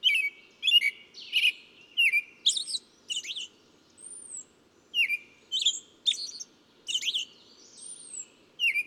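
Bird singing in quick chirps and buzzy trills, with a thin, very high slurred whistle heard twice among them; faint low background hum.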